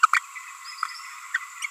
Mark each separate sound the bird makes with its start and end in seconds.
0.03-0.06, 0.13-0.16, 1.34-1.37, 1.62-1.64